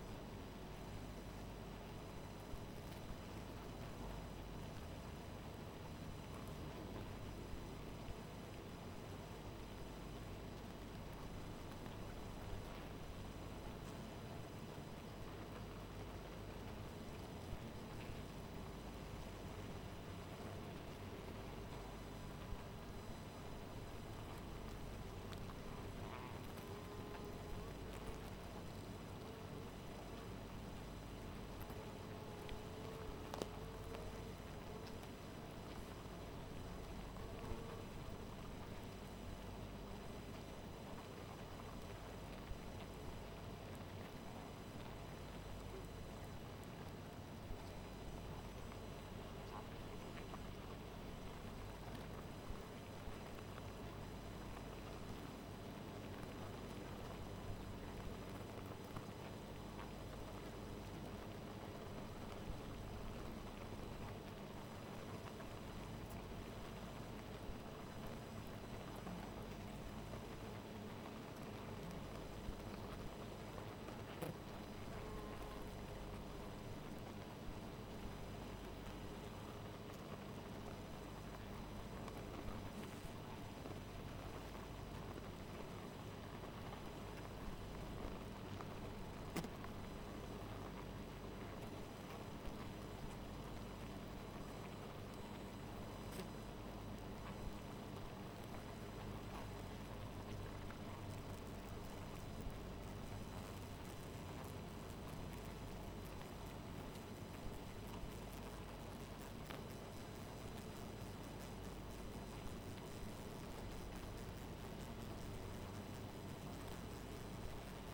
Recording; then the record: honeybee colony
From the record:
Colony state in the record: missing queen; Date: 14 July 2017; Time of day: 2:00